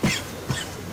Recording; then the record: coughing mixed with background sound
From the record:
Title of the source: Dry Coughing Fit in the Afternoon.